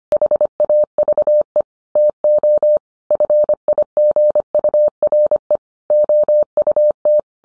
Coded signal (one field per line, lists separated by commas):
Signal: Morse code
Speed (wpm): 25 wpm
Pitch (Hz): 600 Hz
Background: none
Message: HAVE TO FIGURE OUT